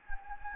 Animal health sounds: mosquito wingbeat signal from an infrared sensor; Anopheles gambiae

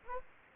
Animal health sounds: mosquito wingbeat signal from an infrared sensor; Anopheles gambiae

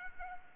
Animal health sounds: mosquito wingbeat signal from an infrared sensor; Aedes aegypti

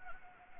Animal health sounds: mosquito wingbeat signal from an infrared sensor; Anopheles gambiae

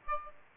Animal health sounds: mosquito wingbeat signal from an infrared sensor; Aedes aegypti

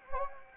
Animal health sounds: mosquito wingbeat signal from an infrared sensor; Anopheles gambiae

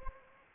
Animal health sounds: mosquito wingbeat signal from an infrared sensor; Anopheles gambiae

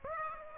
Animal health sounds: mosquito wingbeat signal from an infrared sensor; Aedes aegypti

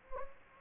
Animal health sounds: mosquito wingbeat signal from an infrared sensor; Anopheles gambiae

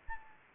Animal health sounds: mosquito wingbeat signal from an infrared sensor; Anopheles gambiae

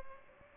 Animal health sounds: mosquito wingbeat signal from an infrared sensor; Aedes albopictus

